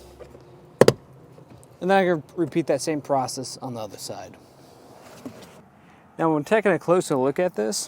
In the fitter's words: and then apply pressure till they click into place